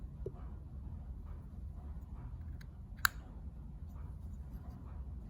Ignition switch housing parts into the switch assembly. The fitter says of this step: And make sure it all snaps into place.